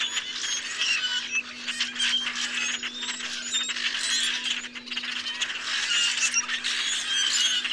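Common grackle flock making a steady babble of shrill squeaks and scratchy rattles, with a faint low steady hum underneath.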